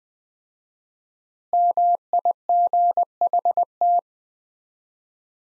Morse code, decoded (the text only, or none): MIGHT